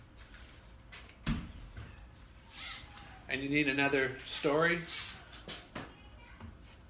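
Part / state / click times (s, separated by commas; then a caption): pole extension section into the bottom of a telescopic water-fed pole / seated / 5.8 s. An 11 ft extension section is slipped onto the bottom of a collapsed Northern Lite water-fed window cleaning pole and clicks into place at 5.8 s. The click shows the sections have met at the overlap inside, by the safety overlap clamp. Someone talks before the click, and soft knocks are heard at about 1.3 s.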